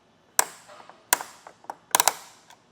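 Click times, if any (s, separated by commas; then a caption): 0.4 s, 1.1 s, 2.0 s. A torque-limiting key tightens the other clamp bolt on a Yakima BaseLine roof rack tower, mounted on a 2022 Toyota Tacoma with a naked roof. The key clicks sharply at 0.4 s, 1.1 s and 1.9 s, and quieter ticks and rattles follow each click. The repeated clicks confirm the bolt is tightened down to torque.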